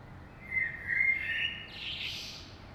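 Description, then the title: Common blackbird song phrase: a mellow, fluty whistled run that climbs into a higher, scratchy twitter at the end, over low background hiss. Saint-Gilles, Belgium; early morning; recorded with DPA 2006c microphones in AB stereo into a Zoom F3. "Saint-Gilles, Belgique - Blackbird - Merle"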